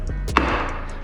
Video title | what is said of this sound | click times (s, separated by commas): New Wrap For The 350Z!! | And then you'll hear it pop. | 0.4 s